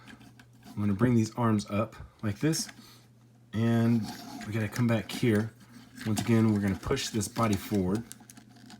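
Someone talks while handling a plastic Transformers War for Cybertron Trilogy Ultra Magnus action figure during its transformation, bringing the arms up and pushing the body section forward toward its forward locked position. A sharp, loud hit stands out among the faint handling noises. Nothing has seated or clicked yet.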